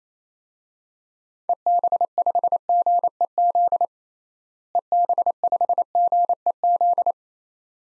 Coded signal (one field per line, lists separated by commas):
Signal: Morse code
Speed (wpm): 28 wpm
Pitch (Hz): 700 Hz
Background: none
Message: EB5GEZ EB5GEZ